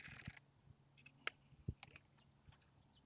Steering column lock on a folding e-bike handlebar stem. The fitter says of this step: Locks in place there.